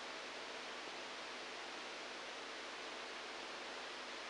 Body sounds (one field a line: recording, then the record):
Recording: brain microelectrode recording played as sound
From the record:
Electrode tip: outside the subthalamic nucleus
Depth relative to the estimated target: 1 mm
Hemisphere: right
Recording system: NeuroSet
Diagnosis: Parkinson's disease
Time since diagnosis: 7 years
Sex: male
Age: 69 years